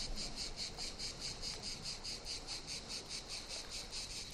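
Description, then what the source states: Cicadas droning in an evenly pulsing buzz, roughly two and a half beats a second, steady throughout. Cicadas in the morning at high tide at Brégançonnet calanque beach on the Mediterranean.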